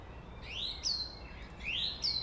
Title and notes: Friedhof Columbiadamm, Berlin - Song thrush. Friedhof Columbiadamm (Neuer Garnisonsfriedhof), Song thrush (Singdrossel) singing, distant city. traffic noise (Sony PCM D50)